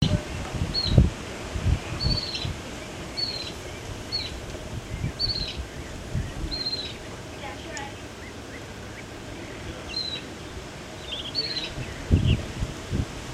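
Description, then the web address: Bird giving short, high, slightly arched chip notes repeated at irregular intervals, over low rustling and rumbling background noise. Recorded on 28 February 2014. "birds Photos NBTY Bert Frenz"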